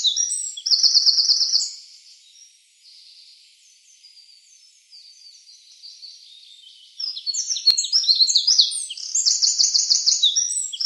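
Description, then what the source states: Eurasian wren delivers a short, piercing trill, then quieter high twittering, then a long, energetic burst of rapid trills and chattering; one sharp click midway. Recorded 24 April 2013.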